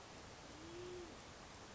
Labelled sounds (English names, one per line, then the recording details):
Band-tailed Pigeon
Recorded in Sonoma County, California